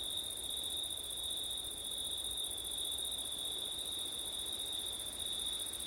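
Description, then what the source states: Cricket: unbroken high trilling of crickets, two pitch layers holding steady, with wind hissing softly in the background. Crickets recorded on a September night with wind.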